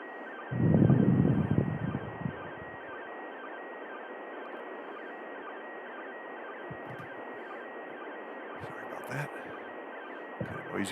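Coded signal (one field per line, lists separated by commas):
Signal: SSTV (slow-scan television)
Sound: faint warbling tone stepping between pitches under loud hiss, brief low rumble early on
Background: radio static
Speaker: elevations at 15 degrees sorry about that kind of noisy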